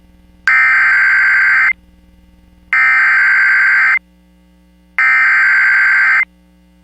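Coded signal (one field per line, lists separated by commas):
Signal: Emergency Alert System (SAME) tones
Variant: header bursts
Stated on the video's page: Severe Thunderstorm Warning on NOAA Weather Radio from Folkston, GA, serving Jacksonville, Florida.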